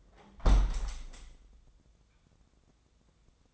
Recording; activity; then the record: daily activity, microphone in the room; close window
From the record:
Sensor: 3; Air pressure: 1012.3 hPa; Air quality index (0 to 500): 143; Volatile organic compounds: 2 ppm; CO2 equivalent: 1102 ppm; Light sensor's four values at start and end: 365/903/374/374 and 362/897/370/369